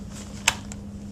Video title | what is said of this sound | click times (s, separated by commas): How to Assemble Graco's New Pack 'N Play Playard with Reversible Napper & Changer | to lock it in place, and you'll hear a snap. | 0.5 s